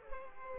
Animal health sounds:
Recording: mosquito wingbeat signal from an infrared sensor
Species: Culex pipiens

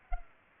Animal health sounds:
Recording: mosquito wingbeat signal from an infrared sensor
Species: Culex pipiens

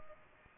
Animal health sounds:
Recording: mosquito wingbeat signal from an infrared sensor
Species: Aedes aegypti

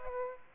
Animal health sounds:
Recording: mosquito wingbeat signal from an infrared sensor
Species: Aedes aegypti

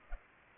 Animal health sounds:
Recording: mosquito wingbeat signal from an infrared sensor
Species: Culex pipiens

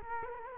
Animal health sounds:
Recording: mosquito wingbeat signal from an infrared sensor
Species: Culex quinquefasciatus

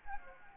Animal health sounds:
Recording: mosquito wingbeat signal from an infrared sensor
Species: Anopheles gambiae

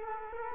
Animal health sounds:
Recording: mosquito wingbeat signal from an infrared sensor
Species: Culex quinquefasciatus

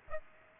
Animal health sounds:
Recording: mosquito wingbeat signal from an infrared sensor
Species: Aedes aegypti

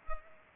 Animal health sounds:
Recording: mosquito wingbeat signal from an infrared sensor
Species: Culex pipiens

